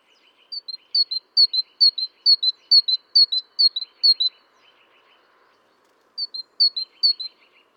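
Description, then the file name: Great tit song of steady two-note phrases repeated about twice a second, faint chattering notes alongside, a short break, then more phrases. "Parus major"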